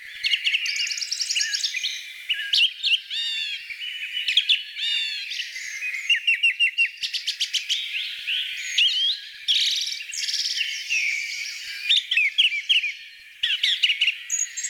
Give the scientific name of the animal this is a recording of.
Turdus philomelos